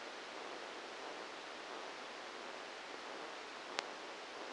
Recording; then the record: brain microelectrode recording played as sound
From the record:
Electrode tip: outside the subthalamic nucleus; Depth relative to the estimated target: 2 mm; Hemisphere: left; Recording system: NeuroSet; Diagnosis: Parkinson's disease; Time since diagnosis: 19 years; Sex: female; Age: 69 years